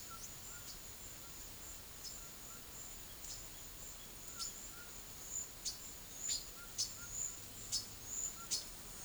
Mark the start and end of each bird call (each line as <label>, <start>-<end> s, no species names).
bird call, 0.10-0.66 s
bird call, 4.31-4.91 s
bird call, 5.57-8.71 s